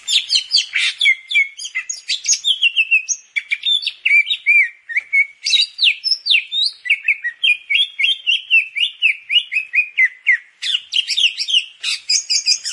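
Grey-cheeked bulbul pouring out a long, almost continuous stream of rapid chirps and slurred whistles, varied in pitch throughout.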